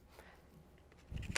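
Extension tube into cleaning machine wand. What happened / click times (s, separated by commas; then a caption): The extension tube snapped into place / 1.4 s. One of the two supplied extension tubes is fitted onto the hose/wand of a Carico ProSeries 360 cleaning machine. Faint handling ticks and a low rumble from about 1.1 s lead into a sharp, loud click at 1.4 s as the tube snaps into place and seats.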